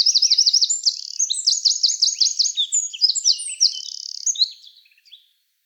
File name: Troglodytes troglodytes